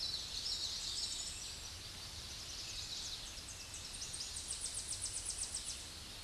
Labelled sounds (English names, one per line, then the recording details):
Tennessee Warbler song
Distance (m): 35 m
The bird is about level with the microphone
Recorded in a Pennsylvania forest on 16 May 2024 at 08:27
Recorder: AudioMoth, point MSD-0661
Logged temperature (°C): 15.8 °C
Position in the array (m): 29 m, 101 m